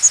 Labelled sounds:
Chestnut-sided Warbler (Setophaga pensylvanica) flight call

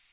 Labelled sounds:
Magnolia Warbler (Setophaga magnolia) flight call

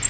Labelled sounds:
Bay-breasted Warbler (Setophaga castanea) flight call

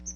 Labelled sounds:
Chestnut-sided Warbler (Setophaga pensylvanica) flight call

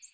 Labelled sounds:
American Redstart (Setophaga ruticilla) flight call

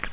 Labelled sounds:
Nashville Warbler (Leiothlypis ruficapilla) flight call

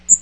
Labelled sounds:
Magnolia Warbler (Setophaga magnolia) flight call

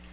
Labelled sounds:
Nashville Warbler (Leiothlypis ruficapilla) flight call

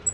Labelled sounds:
Black-throated Green Warbler (Setophaga virens) flight call

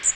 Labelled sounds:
Magnolia Warbler (Setophaga magnolia) flight call

